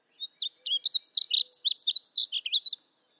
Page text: Spark Bird: Murry Burgess and the Painted Bunting